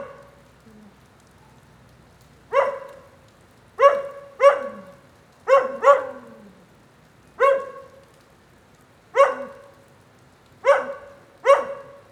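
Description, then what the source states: Dog barking after a quiet start, nine sharp barks, some in pairs. Lone dog in the rain during a thunderstorm at 9a. Avenida 414, Quezaltenango, Guatemala; storm ambience.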